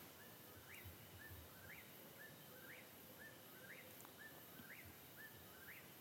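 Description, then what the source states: Eastern Whip-poor-will repeating its whistled song phrase about once a second, each ending in a sharp rising note, over a steady hiss of background noise. Heard in the background during evening twilight; song sounds like the bird saying its name.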